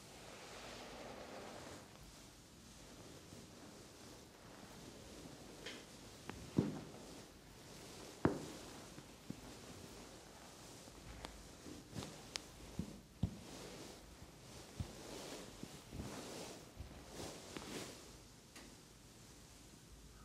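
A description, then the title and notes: A hushed massage: hands rub and brush steadily over skin and fabric, a soft continuous swishing. Sharp little taps or snaps break through, first near 6 and 8 seconds, then more often after 11 seconds, over a faint low hum. ASMR Sleep Therapy - Amazing ASMR head, neck, back and facial massage for deep sleep.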